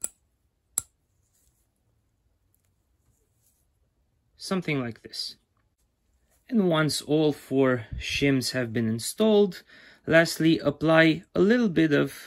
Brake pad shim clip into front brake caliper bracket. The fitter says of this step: take your shims greased as I explained and just install them one by one until they click in place